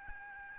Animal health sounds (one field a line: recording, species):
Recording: mosquito wingbeat signal from an infrared sensor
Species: Aedes albopictus